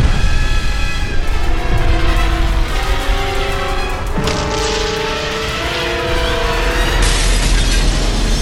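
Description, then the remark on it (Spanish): A loud, continuous roar as part of a seemingly abandoned building explodes and collapses, with a sharp crashing burst midway and rumbling debris throughout, steady droning tones running underneath. “Parte de aquel edificio, en apariencia abandonado, saltó por los aires, mientras una figura oscura y misteriosa salía flotando como si nada de la caótica escena del crimen, al tiempo que todo se venía abajo.”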